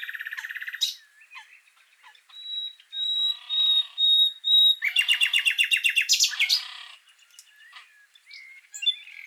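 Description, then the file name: Common nightingale song opening with a quick trill, then a series of pure whistled notes, then a fast run of loud repeated notes. "Luscinia megarhynchos"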